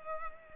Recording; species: mosquito wingbeat signal from an infrared sensor; Culex pipiens